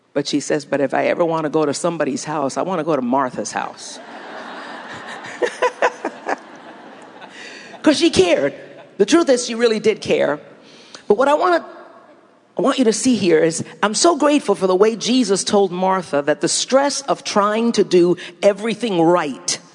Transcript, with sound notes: “But,” she said, “if I ever want to go to somebody’s house, I want to go to Martha’s house!” (laughter) Because she cared. The truth is, she really did care. But what I want you to see here is, I’m so grateful for the way that Jesus told Martha that the stress of trying to do everything right